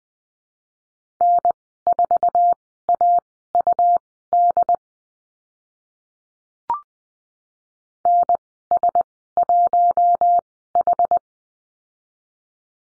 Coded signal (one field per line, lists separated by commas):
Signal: Morse code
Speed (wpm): 20 wpm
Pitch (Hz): 700 Hz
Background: none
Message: N4AUD NS1H